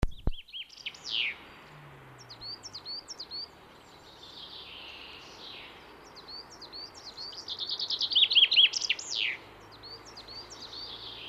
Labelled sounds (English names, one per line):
Common Chaffinch